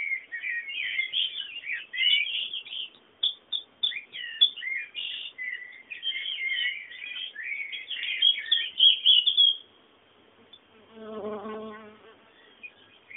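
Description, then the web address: Birds chirping in dense, busy twittering for most of the time, then quieter, with a brief low harmonic call near the end. Bird sounds meant as background ambience. "sounds fondo pajaros"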